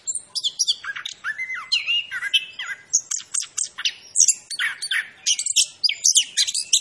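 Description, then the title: Orange-headed thrush pouring out a lively, varied song of clipped high notes, down-slurred whistles and brief trills, each phrase quickly following the last. Described as gacor, a bird that sings prolifically. "Anis Kembang Gacor. Suara Anis Kembang Macan"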